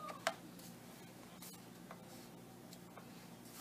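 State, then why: Not seated. A removable battery pack is pressed into the battery bay of an HP Pavilion 15 P114dx laptop. A sharp tap at 0.3 s is followed by a few softer knocks at 1.9 s and 2.7 s. The battery does not snap in and has not seated.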